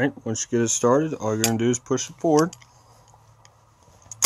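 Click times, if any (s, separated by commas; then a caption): none. A compensator is being reinstalled on a 1911 pistol slide/barrel while someone talks, then there is quiet with faint metallic handling ticks and a sharp loud transient at the very end. The part is being pushed forward but has not seated or clicked yet.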